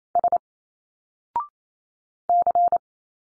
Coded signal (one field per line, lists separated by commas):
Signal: Morse code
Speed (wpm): 27 wpm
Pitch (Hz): 700 Hz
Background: none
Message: S C